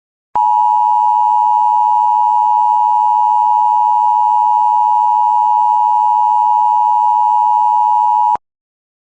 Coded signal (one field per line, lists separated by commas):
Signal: Emergency Alert System (SAME) tones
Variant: 853 and 960 Hz attention tone